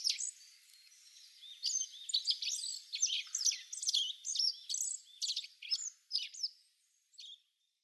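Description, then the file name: Black-faced bunting calling with quick, high, sharp chirps in irregular bursts, then a last note after a short gap. Reference calls recorded at Kunitachi on 2 April 2015. "aoji 150402 kunitachi mju"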